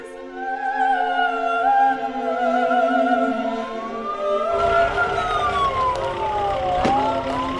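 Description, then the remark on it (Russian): An ambulance siren wails steadily as the ambulance carries the dead and wounded away from a market, its layered tones holding and then sweeping up and down in pitch, loud throughout, with a rush of engine and traffic noise joining in the second half. “Скорая вывозит погибших и раненых.”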